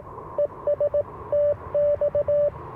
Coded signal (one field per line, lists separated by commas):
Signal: Morse code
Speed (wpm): 22 wpm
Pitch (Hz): 590 Hz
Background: radio noise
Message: ES TX